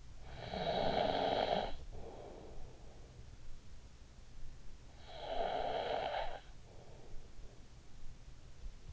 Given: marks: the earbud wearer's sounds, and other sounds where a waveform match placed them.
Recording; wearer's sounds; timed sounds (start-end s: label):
sounds in sleep by an in-ear microphone; snoring breath
0.00-3.39 s: snoring breath
4.48-6.88 s: snoring breath